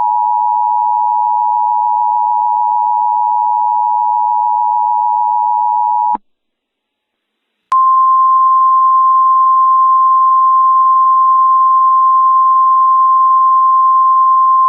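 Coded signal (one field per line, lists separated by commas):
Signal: Emergency Alert System (SAME) tones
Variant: 853 and 960 Hz attention tone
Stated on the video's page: Mock EAS scenario using valid EAS tones, a Halloween fictional scenario with music.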